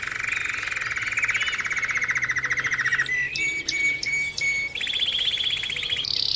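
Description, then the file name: Canary song of rapid rolling trills, a long buzzy tour around mid pitch giving way to clipped repeated notes, then a higher fast trill. Canary training song (kenari terapi), posted October 2013. "kenari terapi omkicau"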